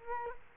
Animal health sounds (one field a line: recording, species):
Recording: mosquito wingbeat signal from an infrared sensor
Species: Culex quinquefasciatus